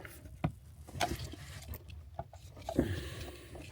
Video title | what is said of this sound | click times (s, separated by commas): 2018 Porsche Panamera 4s 3.9L v6 biturbo-Mark installs Remote car starter | you can hear that click | 0.4 s